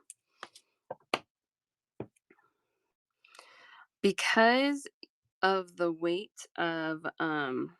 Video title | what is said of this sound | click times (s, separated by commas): Tutorial and Bead Fun! | Okay, that one's a tinier ring. It's harder to hear the click, but | 1.1 s